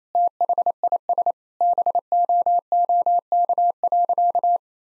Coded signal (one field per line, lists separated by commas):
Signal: Morse code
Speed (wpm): 28 wpm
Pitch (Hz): 700 Hz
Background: none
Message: THIS BOOK.